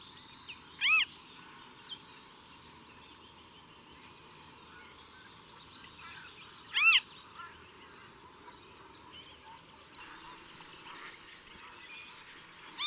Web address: chant xeno-canto busard des roseaux